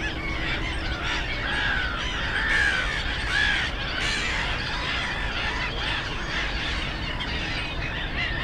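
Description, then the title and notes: Black-headed gulls give harsh, drawn-out cries amid a busy flock chorus, several clearer downward-slurred calls early on, over a deep traffic rumble. Black-headed gulls, loudest of many birds at Żabie Doły (Frog Ponds), a former coal-mining site in Bytom, Poland; nearby DK79 road and railway audible; recorded with Zoom F4 and AT BP4025. "Żabie Doły, Bytom, Polska - Black-headed gulls at Frog Ponds complex. The ponds are now filled with plenty of birds with black-headed gulls being the loudest. Najgłośniejsze okazały się śmieszki"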